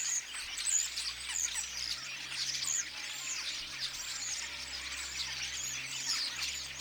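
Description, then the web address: Common starlings in chorus, constant overlapping chatter of whistled notes and buzzy chirps, with a few clearer slurred whistles. Apparently young starlings singing together in chorus; recorded 22 August 2026. "paivat 22 8 2026 ilmeisesti tassa nuoret kottaraiset laulavat kuorossa"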